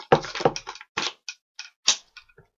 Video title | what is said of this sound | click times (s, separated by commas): 🎇Mon Glock - Partie 3 - CAA MCK | On entend le tac. | 1.3 s